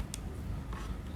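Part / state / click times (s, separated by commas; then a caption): plastic blade guard onto hair clipper blade / seated / 0.1 s. The plastic protective guard is slid onto a Wahl Super Taper V5000 hair clipper's blade, pushed in, and then pressed down. It snaps into place with a sharp click at 0.1 s. A softer rustle follows around 0.7 s, and the guard is seated.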